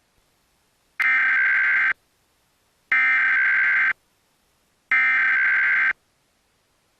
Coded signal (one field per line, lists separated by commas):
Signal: Emergency Alert System (SAME) tones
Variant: header bursts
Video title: National Emergency Alert System Test (Xfinity 2021)